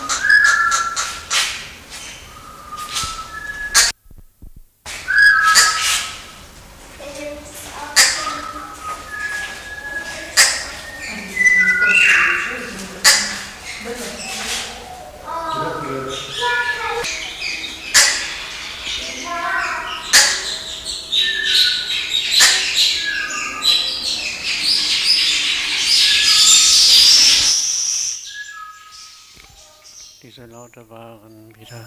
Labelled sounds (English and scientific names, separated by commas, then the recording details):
Double-toothed Barbet (Lybius bidentatus) call
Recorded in captivity
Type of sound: call sequence, call
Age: adult
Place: Zoo Berlin, Berlin, DE
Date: 1999-09-04 12:03
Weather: sonnig, 21°C
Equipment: Sony WM-D6C, Sennheiser ME 80, Kopie Uher 4000 Report Monitor
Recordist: Tembrock, Günter
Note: Lautfolge und Kurzlaute, Entfernung ca. 5 m